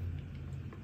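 A plastic head-tracking sensor clip is handled against its monitor mount, with only faint, brief handling noises at about 0.2 s and 0.7 s over a steady low background hum. Nothing has seated or clicked yet.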